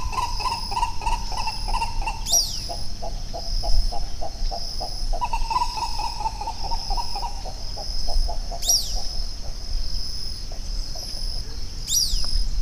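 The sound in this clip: Bird giving rapid runs of clipped, repeated notes, one series fading then another starting, against a constant high insect drone and occasional sharp falling high-pitched sweeps.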